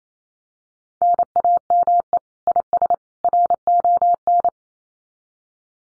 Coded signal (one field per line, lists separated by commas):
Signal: Morse code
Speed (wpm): 28 wpm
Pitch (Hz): 700 Hz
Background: none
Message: NAME IS RON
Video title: Common QSO Phrases 28wpm